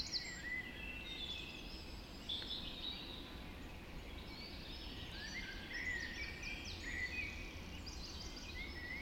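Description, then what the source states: Birds singing together at dawn, many overlapping whistled and trilled phrases throughout, against a continuous low hum. Dawn chorus just after dawn in the Forest of Dean.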